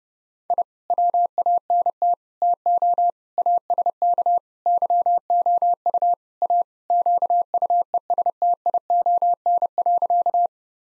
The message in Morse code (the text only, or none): I WANT TO ASK YOU A QUESTION.